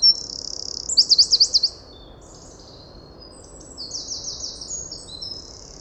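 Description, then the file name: Eurasian wren giving a loud, sharp high-pitched trill of several rapid notes, followed by quieter high trilling phrases over a steady low hiss. "Troglodytes troglodytes"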